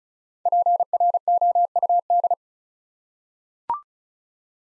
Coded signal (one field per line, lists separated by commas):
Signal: Morse code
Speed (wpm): 36 wpm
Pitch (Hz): 700 Hz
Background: none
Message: PROUD